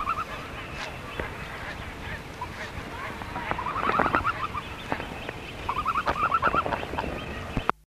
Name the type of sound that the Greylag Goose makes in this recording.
call